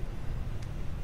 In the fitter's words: clicks into place